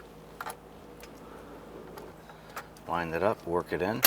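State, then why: Not seated. An ignition lock cylinder for a 2004-2009 Dodge Durango is lined up with its keyed end against the steering column housing before being pushed in, giving light metallic jingles and small taps, the first sharp one near 0.4 s. Someone talks toward the end. Nothing has seated or clicked yet.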